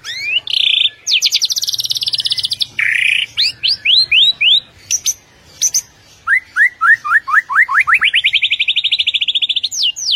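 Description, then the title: White-rumped shama song, fast: buzzy trills, quick runs of rising notes, and a long trill near the end. Masteran (training) track featuring full 'ngerol' and 'nembak' song styles. "Masteran Murai Batu Full Ngerol Nembak"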